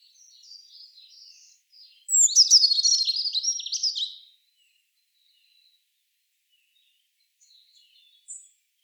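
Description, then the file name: Eurasian blue tit calling: soft high twitters, then a loud harsh buzzy chattering burst of about two seconds, quiet afterward with a few faint high notes. "Cyanistes caeruleus"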